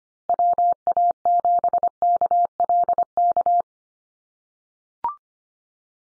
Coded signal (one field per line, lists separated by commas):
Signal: Morse code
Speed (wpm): 25 wpm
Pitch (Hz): 700 Hz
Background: none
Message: WA7KLK